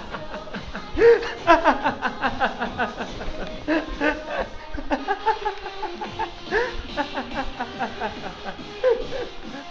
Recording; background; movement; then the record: laughter; music; walking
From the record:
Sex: male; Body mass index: 21.0 kg/m2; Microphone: on the chest, facing outward